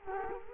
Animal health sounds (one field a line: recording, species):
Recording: mosquito wingbeat signal from an infrared sensor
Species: Culex quinquefasciatus